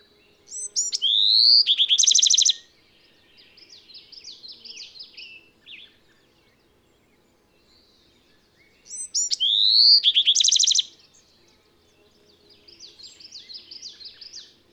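Bird song: high phrases of sharp rising whistles and a rapid buzzy trill, then softer twittering notes, the full phrase repeated about every eight seconds.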